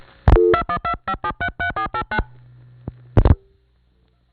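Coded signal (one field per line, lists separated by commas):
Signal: DTMF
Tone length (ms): 130 ms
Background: music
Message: 2125733489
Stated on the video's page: Telephone tones from 1970s New York City trunks, digital vs. analog, through Panel, #1 Crossbar and #5 Crossbar switching machines.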